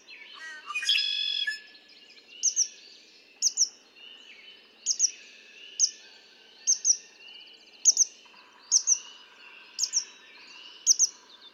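Red-winged blackbird song: a strong harsh buzzy phrase near the start, then crisp doubled high notes at roughly one-second intervals above continuous background noise.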